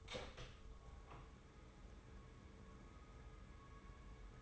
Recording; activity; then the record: daily activity, microphone in the room; open door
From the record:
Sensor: 3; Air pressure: 1015.2 hPa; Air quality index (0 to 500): 145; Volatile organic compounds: 8 ppm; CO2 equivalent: 2061 ppm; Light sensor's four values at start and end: 15/39/16/17 and 15/39/16/17